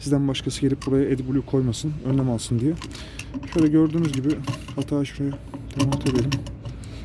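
Someone talks throughout while handling the metal lockable cover on the AdBlue (DEF) tank filler of a Hidromek 102S K4 A8 backhoe loader, closing it so its tab passes into the slot and two padlock holes line up, letting a padlock be fitted so no one else can add AdBlue. A brief sharp sound occurs near the end at 6.8 s, but the tab has not yet seated.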